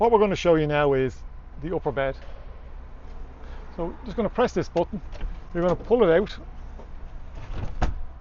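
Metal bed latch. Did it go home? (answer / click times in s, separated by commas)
yes / 7.8 s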